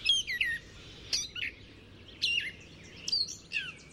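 Gray catbird song: a few short slurred chirps and quick downslurred whistles, separated by brief pauses, with faint background hiss.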